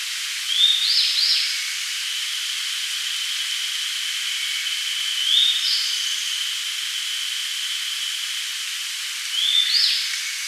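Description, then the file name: Grey bunting giving three short whistled phrases, each a rising note then brief higher slurs, spaced several seconds apart against a constant high-pitched hiss. "Emberiza variabilis"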